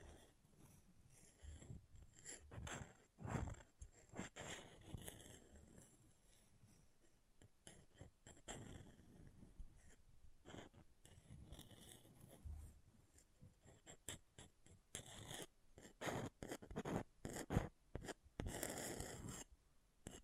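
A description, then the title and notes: Irregular scratching on an object comes in quick dense bursts and short strokes, with brief pauses, heaviest around three, twelve and nineteen seconds. ASMR Brain Melting Object Scratching (No Talking).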